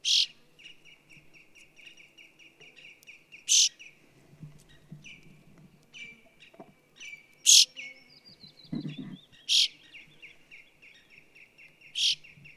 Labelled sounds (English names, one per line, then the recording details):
Brambling
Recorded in the wild
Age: adult
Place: Halbinsel Kindo, Karelien, RU
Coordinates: 66.55, 33.1
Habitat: taiga
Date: 1998-06-21 22:38
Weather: no clouds, 12°C, weak easterly winds
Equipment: Aiwa HD-S1, Telinga Pro 5
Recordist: Frommolt, Karl-Heinz